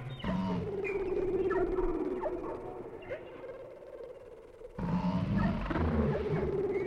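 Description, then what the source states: Whale calls of wavering harmonic moans and brief grunts, fading in the middle then returning abruptly with louder mixed moans. Whale sounds without music, for sleep.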